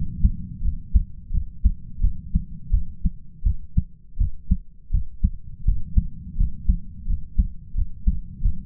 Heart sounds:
heart sounds by stethoscope; 85 bpm
0.62 s: heartbeat
1.31 s: heartbeat
2.01 s: heartbeat
2.71 s: heartbeat
3.43 s: heartbeat
4.18 s: heartbeat
4.91 s: heartbeat
5.65 s: heartbeat
6.37 s: heartbeat
7.07 s: heartbeat
7.75 s: heartbeat
8.42 s: heartbeat
From the record:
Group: healthy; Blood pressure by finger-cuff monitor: 115/72 mmHg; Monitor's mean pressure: 86 mmHg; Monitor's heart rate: 84 bpm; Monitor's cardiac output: 7.9 L/min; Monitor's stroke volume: 95 mL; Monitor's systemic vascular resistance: 810 dyn s/cm5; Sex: male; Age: 33 years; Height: 179 cm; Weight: 80.4 kg

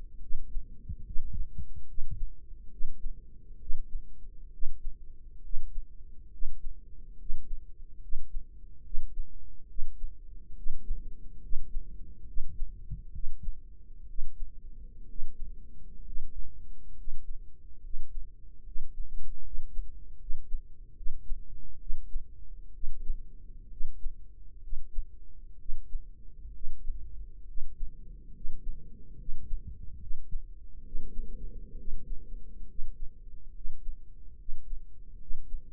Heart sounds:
heart sounds by microphone in the right ear; 69 bpm
0.22 s: heartbeat
1.07 s: heartbeat
1.89 s: heartbeat
2.72 s: heartbeat
3.61 s: heartbeat
4.53 s: heartbeat
5.44 s: heartbeat
6.33 s: heartbeat
7.20 s: heartbeat
8.03 s: heartbeat
8.85 s: heartbeat
9.69 s: heartbeat
10.57 s: heartbeat
11.43 s: heartbeat
12.27 s: heartbeat
13.13 s: heartbeat
14.08 s: heartbeat
15.08 s: heartbeat
16.06 s: heartbeat
16.97 s: heartbeat
17.83 s: heartbeat
18.66 s: heartbeat
19.44 s: heartbeat
20.20 s: heartbeat
20.96 s: heartbeat
21.80 s: heartbeat
22.74 s: heartbeat
23.71 s: heartbeat
24.62 s: heartbeat
25.59 s: heartbeat
26.54 s: heartbeat
27.47 s: heartbeat
28.34 s: heartbeat
29.18 s: heartbeat
29.99 s: heartbeat
30.84 s: heartbeat
31.78 s: heartbeat
32.68 s: heartbeat
33.54 s: heartbeat
34.38 s: heartbeat
35.20 s: heartbeat
From the record:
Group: healthy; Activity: cold pressor test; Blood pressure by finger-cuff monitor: 150/95 mmHg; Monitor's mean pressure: 112 mmHg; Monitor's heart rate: 70 bpm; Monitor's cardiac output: 7.6 L/min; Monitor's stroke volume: 111 mL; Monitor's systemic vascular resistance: 1110 dyn s/cm5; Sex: male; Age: 30 years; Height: 188 cm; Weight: 110.2 kg

